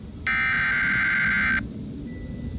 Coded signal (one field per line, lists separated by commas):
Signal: Emergency Alert System (SAME) tones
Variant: header bursts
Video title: EAS #98 “EAS #97 on FM Radio.” 8/21/2026